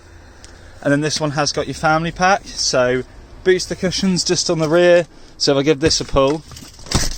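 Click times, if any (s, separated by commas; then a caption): 6.9 s. A man talks about a Volvo XC60's family pack, then pulls up the integrated booster cushion built into the rear seat. It locks into its raised position with a sharp click at 6.9 s.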